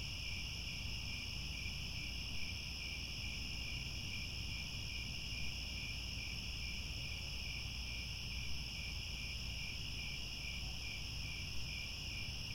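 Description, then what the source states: Crickets chirping steadily, a quick regular pulse beneath sustained high trilling layers, with a low constant rumble in the background. Cricket chorus recorded at twilight, as the sun sets.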